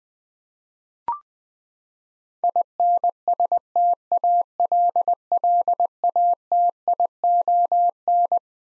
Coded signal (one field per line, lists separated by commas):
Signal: Morse code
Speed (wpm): 20 wpm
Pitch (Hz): 700 Hz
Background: none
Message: INSTALLATION